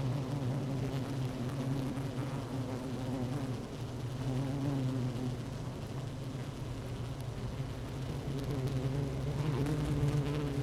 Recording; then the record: honeybee colony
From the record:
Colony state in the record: active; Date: 12 June 2018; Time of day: 16:54